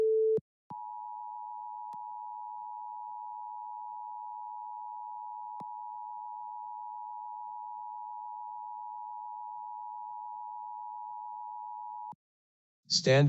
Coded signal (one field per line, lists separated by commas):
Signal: Emergency Alert System (SAME) tones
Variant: 853 and 960 Hz attention tone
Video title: LIVE AM/MW DX: DX Central Live - S. 3, Ep. 13 | Friday, December 16, 2022 | MWFC: 576-605 kHz